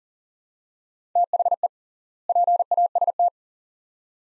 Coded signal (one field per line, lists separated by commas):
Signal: Morse code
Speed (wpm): 40 wpm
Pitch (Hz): 700 Hz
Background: none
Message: THE PAST